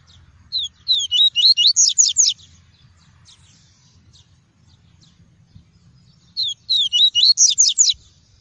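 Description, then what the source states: Double-collared seedeater song given twice, about six seconds apart, each a rapid phrase of several bright whistled notes; faint low hum underneath. Song of the "tui-tui" variety.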